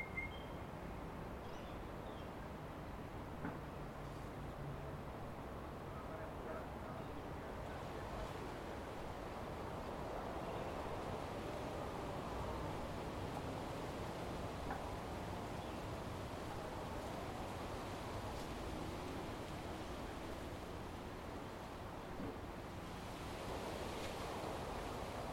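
A steady wash of surf at Tamarama Beach near Bondi, Sydney, dense and low with a constant roar that barely rises or falls across the clip. Faint higher hisses drift through, and a slight swell in brightness comes near the end.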